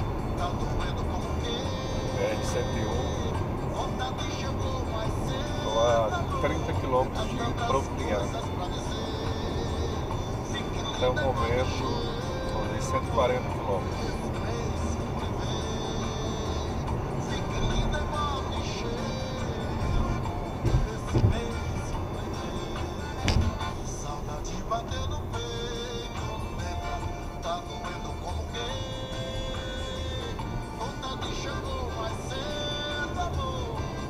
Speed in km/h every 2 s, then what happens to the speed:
118, 117, 115, 116, 117, 118, 122, 125, 123, 118, 108, 90, 72, 69, 70, 76, 82.
0-17 steady at about 118. 17-26 brakes to 69. 26-34 speeds up to 82.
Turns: none.